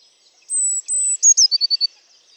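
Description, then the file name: Eurasian blue tit song: two drawn-out, thin, very high whistles, then a brisk trill of about six short notes, with little else audible. "Cyanistes caeruleus"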